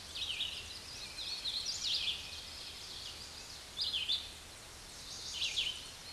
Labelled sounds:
Red-eyed Vireo (Vireo olivaceus) song
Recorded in a Pennsylvania forest on 16 May 2024 at 07:18
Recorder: AudioMoth, point MSD-2258
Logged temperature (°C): 15.2 °C
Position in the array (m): 166 m, 71 m

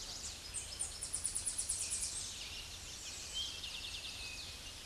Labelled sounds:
Tennessee Warbler (Leiothlypis peregrina) song
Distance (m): 20 m
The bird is about 15 m above the microphone
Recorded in a Pennsylvania forest on 16 May 2024 at 08:22
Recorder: AudioMoth, point MSD-0383
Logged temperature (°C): 15.3 °C
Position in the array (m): 86 m, 220 m

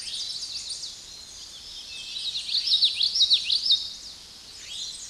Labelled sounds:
Common Yellowthroat (Geothlypis trichas) song
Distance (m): 5 m
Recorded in a Pennsylvania forest on 16 May 2024 at 06:06
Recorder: AudioMoth, point MSD-2143
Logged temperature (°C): 16.0 °C
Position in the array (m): 60 m, 153 m

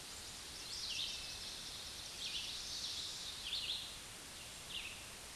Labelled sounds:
Red-eyed Vireo (Vireo olivaceus) song
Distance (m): 30 m
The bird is about 5 m above the microphone
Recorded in a Pennsylvania forest on 16 May 2024 at 09:08
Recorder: AudioMoth, point MSD-2146
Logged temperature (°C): 16.7 °C
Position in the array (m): 150 m, 27 m

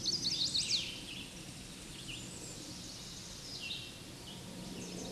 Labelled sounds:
Red-eyed Vireo (Vireo olivaceus) song
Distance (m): 35 m
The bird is about 20 m above the microphone
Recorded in a Pennsylvania forest on 16 May 2024 at 08:05
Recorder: AudioMoth, point MSD-0178
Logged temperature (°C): 15.3 °C
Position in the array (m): 100 m, 77 m

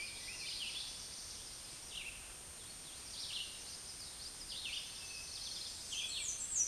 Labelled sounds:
Red-eyed Vireo (Vireo olivaceus) song
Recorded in a Pennsylvania forest on 16 May 2024 at 09:07
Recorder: AudioMoth, point MSD-2083
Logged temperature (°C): 16.7 °C
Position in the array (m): 150 m, 27 m

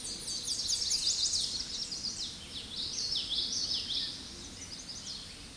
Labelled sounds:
Common Yellowthroat (Geothlypis trichas) song
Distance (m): 15 m
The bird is about 5 m above the microphone
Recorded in a Pennsylvania forest on 16 May 2024 at 08:15
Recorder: AudioMoth, point MSD-2320
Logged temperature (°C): 12.8 °C
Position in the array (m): 225 m, 186 m

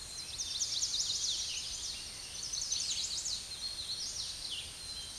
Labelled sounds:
Hooded Warbler (Setophaga citrina) song
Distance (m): 50 m
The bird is about 5 m below the microphone
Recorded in a Pennsylvania forest on 16 May 2024 at 08:17
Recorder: AudioMoth, point MSD-2494
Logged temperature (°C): 15.6 °C
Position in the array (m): 167 m, 125 m

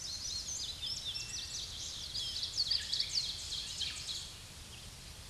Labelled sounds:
Ovenbird (Seiurus aurocapilla) song
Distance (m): 45 m
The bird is about 10 m above the microphone
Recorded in a Pennsylvania forest on 16 May 2024 at 07:01
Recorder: AudioMoth, point MSD-2429
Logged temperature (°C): 16.7 °C
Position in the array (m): 99 m, 32 m

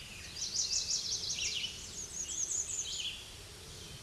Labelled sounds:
Red-eyed Vireo (Vireo olivaceus) song
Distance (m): 20 m
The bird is about 5 m above the microphone
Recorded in a Pennsylvania forest on 16 May 2024 at 08:50
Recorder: AudioMoth, point MSD-2376
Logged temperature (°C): 16.7 °C
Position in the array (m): 142 m, 17 m

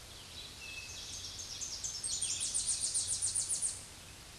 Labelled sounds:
Tennessee Warbler (Leiothlypis peregrina) song
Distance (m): 20 m
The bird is about level with the microphone
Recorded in a Pennsylvania forest on 16 May 2024 at 07:06
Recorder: AudioMoth, point MSD-2349
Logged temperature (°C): 15.8 °C
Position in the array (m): 70 m, 61 m

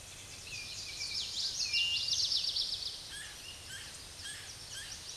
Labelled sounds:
Common Yellowthroat (Geothlypis trichas) song
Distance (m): 35 m
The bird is about 15 m above the microphone
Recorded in a Pennsylvania forest on 16 May 2024 at 06:37
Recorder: AudioMoth, point MSD-2304
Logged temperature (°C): 16.0 °C
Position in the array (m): 239 m, 175 m

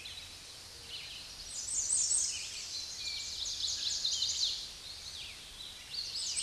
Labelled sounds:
American Redstart (Setophaga ruticilla) song
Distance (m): 25 m
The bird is about 15 m above the microphone
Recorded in a Pennsylvania forest on 16 May 2024 at 06:17
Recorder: AudioMoth, point MSD-2273
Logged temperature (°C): 16.0 °C
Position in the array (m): 34 m, 220 m

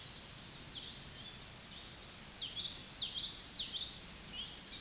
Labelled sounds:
Common Yellowthroat (Geothlypis trichas) song
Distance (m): 25 m
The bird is about 5 m above the microphone
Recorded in a Pennsylvania forest on 16 May 2024 at 08:34
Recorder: AudioMoth, point MSD-1418
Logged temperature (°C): 16.4 °C
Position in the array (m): 235 m, 177 m

